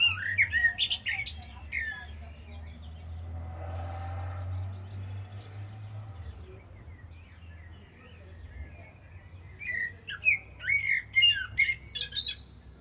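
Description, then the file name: Common blackbird harsh chattering calls in short bursts at the start and again near the end, with a steady low rumble between them. "Turdus merula"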